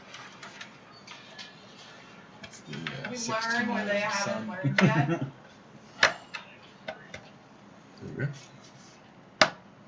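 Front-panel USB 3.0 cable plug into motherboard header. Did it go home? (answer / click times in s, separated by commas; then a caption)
yes / 9.4 s. Someone talks while the front-panel USB 3.0 cable connector is routed to the bottom of the motherboard and pushed onto its header, with a few small taps and clicks in between. At 9.4 s a sharp click is heard as the connector seats.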